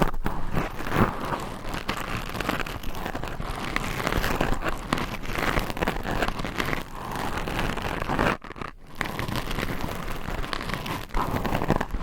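Mic scratching makes a dense, steady rustling hiss with crackly texture throughout, briefly dropping out near eight and a half seconds.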